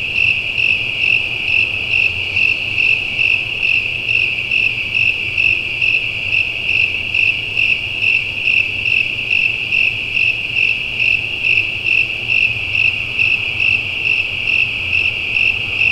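A mountain night soundscape filled with crickets chirping in a fast, steady pulse, a bright ringing trill that never lets up across the whole clip. Beneath it runs a soft low rumble, like wind, adding a faint, even background.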